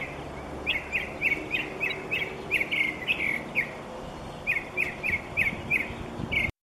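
Mockingbird song: a run of short, bright chirped notes repeated quickly several times, pausing briefly, then another fast series of similar notes before stopping abruptly.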